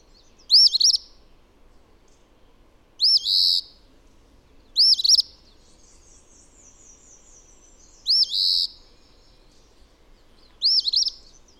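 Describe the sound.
Bird song of high, bright phrases made of looping, arched notes, given in short bursts every few seconds with silence between, over a faint low hum.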